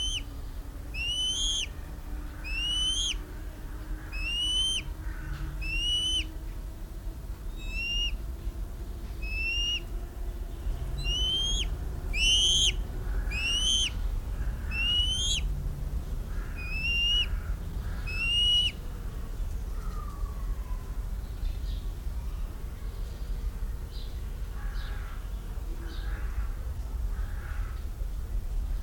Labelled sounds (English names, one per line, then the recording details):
Bald Eagle
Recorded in captivity
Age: juvenile
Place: Zoo Berlin, Berlin, DE
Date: 1994-07-16 10:33
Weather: sonnig, 22-26°C
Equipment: Marantz CP 430, Sennheiser ME 80, Kopie Uher Variocord 263
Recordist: Tembrock, Günter